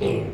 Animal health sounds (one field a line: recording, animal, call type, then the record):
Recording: contact call of a hoofed animal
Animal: pig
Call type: closed-mouth grunt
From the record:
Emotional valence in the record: negative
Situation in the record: short social isolation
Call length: 0.34 s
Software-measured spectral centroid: 1550 Hz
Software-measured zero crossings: 950 a second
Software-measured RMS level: -24 dBFS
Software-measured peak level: -12 dBFS